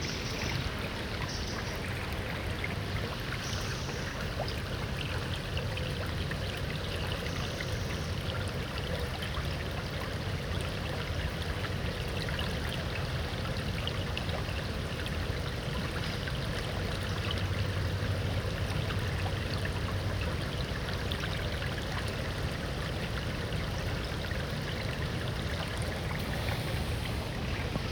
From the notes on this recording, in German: dem Rauschen des nahegelegenen Baches während der Wind die Ähren auf den Feldern sachte wiegt